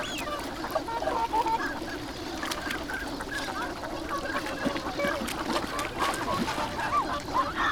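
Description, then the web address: Ducks calling in a dense flock, overlapping quacks and nasal notes throughout, over steady background noise. Recorded on the Abukuma River, Japan, on 7 January 2021. "abukuma duck 20210107"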